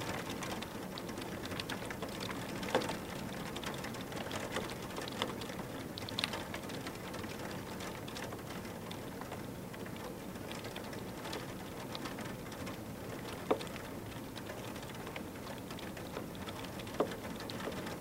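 Steady rain patters against a window, dense and even, with brighter individual taps popping out near 3, 6, 13 and 17 seconds.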